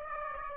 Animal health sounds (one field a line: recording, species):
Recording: mosquito wingbeat signal from an infrared sensor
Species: Aedes aegypti